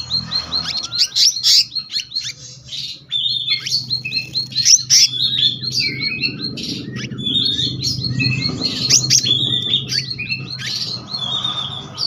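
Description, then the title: Selendang biru songbird singing continuously, repeating phrases of high chirps and twittering notes over a low rumbling background. Continuous rolling song style called gacor ngeroll, with varied filler notes (isian). "BURUNG SELENDANG BIRU GACOR NGEROLL ISIAN"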